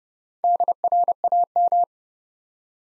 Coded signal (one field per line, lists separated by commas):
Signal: Morse code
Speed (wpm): 30 wpm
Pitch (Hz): 700 Hz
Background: none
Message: DRAM